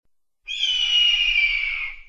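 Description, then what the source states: Red-tailed hawk giving one long, hoarse, high scream that slowly falls in pitch over about one and a half seconds, with no other sounds. Grassland.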